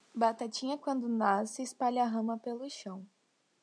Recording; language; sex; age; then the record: short text; Brazilian Portuguese; female; 20 to 29 years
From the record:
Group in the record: control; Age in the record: 21 years